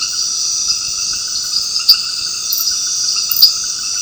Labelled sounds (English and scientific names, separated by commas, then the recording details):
none
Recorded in dense forest near Puerto Asís, Putumayo, Colombia, on 9 March 2025 at 19:00
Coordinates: 0.486, -76.317
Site G053